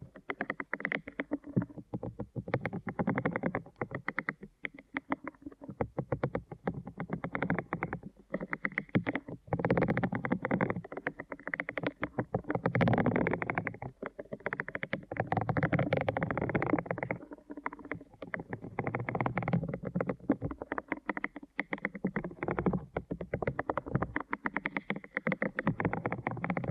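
Deep ear canal massage sounds: dense, rapid rubbing and crackling that keeps going with little pause for the full 27 seconds. The texture is muffled and mostly low to mid, with brief dips in loudness near 2, 8 and 21 seconds.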